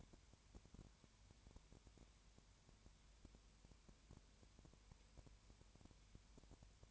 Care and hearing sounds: daily activity, microphone in the room; no activity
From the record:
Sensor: 2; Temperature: 20.3 degrees Celsius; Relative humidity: 33.8%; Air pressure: 1003.1 hPa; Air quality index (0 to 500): 83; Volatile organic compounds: 1 ppm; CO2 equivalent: 789 ppm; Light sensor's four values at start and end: 2/3/2/2 and 2/3/2/2

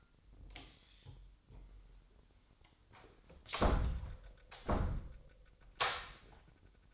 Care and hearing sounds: daily activity, microphone in the room; close door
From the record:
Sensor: 3

